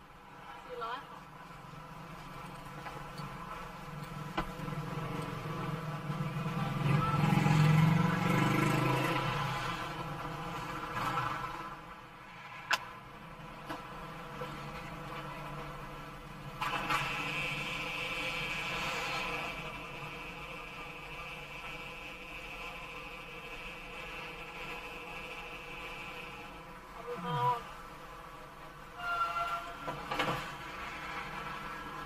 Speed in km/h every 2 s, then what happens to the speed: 0, 0, 0, 0, 0, 0, 0, 0, 0, 0, 0, 0, 0, 0, 0, 0.
0-32 standing.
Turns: none.